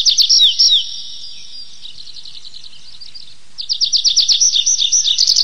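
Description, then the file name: Tree pipit giving a quick trill with two slurred notes, a quieter stretch of faint notes, then a loud rapid trill. "lesnoj konek anthus trivialis"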